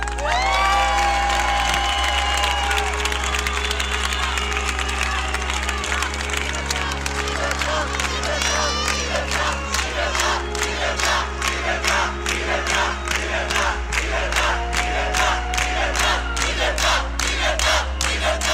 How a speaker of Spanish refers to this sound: Un hombre aguarda dentro de un pozo sin remedio, tenso, conmocionado, con la oreja aplicada, porque un pueblo ha gritado libertad.